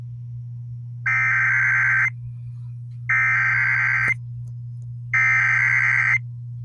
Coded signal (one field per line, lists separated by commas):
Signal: Emergency Alert System (SAME) tones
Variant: header bursts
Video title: (EAS #30) WBAP ISSUED A TORNADO WARNING AND A SEVERE T-STORM WARNING